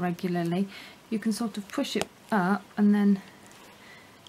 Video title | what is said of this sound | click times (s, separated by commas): How to ... Put a bridle together. | you can sort of push it up and then it clicks into place | 4.3 s